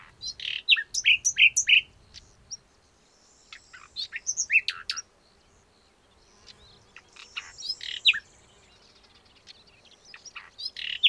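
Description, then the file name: Common nightingale singing bursts of loud repeated whistled notes and chirps, pausing between phrases, over a soft background hiss and rustle. "Luscinia megarhynchos"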